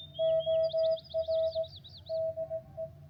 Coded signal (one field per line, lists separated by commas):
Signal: Morse code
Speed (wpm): 15 wpm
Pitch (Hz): 650 Hz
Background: music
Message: OR DE